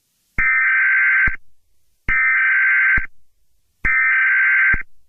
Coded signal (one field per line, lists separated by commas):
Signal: Emergency Alert System (SAME) tones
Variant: header bursts